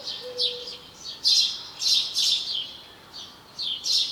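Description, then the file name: House sparrow chirps in loud, busy bursts of shrill notes, pausing briefly between flurries, over a constant hiss with one faint low tone early on. "Passer domesticus"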